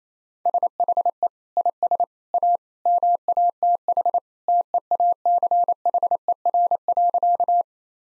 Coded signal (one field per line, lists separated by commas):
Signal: Morse code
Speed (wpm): 28 wpm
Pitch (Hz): 700 Hz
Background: none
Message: SHE IS A MATH TEACHER.